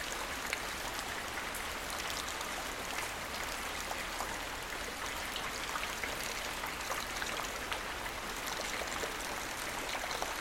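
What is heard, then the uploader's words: Rain falls through the trees, a steady, dense patter that stays even for the whole stretch. Brighter drops tick out of the wash now and then, over a soft low hiss with no other sounds. Gentle Indonesian Rain (No Cicadas For Sleep). Outside the forest is misty. Rain falls through the trees and slides down the leaves.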